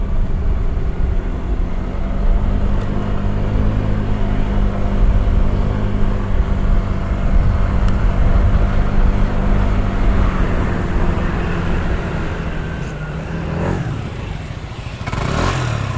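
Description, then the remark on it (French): A scooter engine drones steadily as it rides along to the rider's house in Fondane, a low buzzing hum that holds even for most of the stretch, then dips and shifts pitch near the end as the rider eases off to park it behind the house. “Quinze minutes plus tard, il gare son scooter à l'arrière de sa maison de Fondane”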